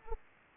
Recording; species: mosquito wingbeat signal from an infrared sensor; Aedes aegypti